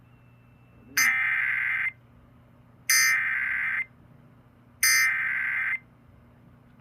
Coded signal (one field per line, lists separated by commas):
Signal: Emergency Alert System (SAME) tones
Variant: header bursts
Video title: DC AMBER Alert - EAS 90